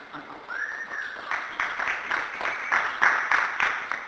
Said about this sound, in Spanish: Muchas gracias. Un aplauso para la autora.